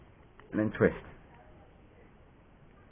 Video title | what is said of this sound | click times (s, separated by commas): Hextron sub ohm tank and i love vg apple dazzle review | But what I found, you push it round until it locks in place, | 0.4 s